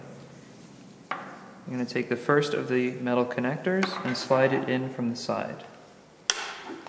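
Someone talks while the first metal connector on the irrigation tubing is slid in from the side into the pump housing of an Aseptico implant motor. A sharp click at 6.3 s marks the connector locking in place in the pump.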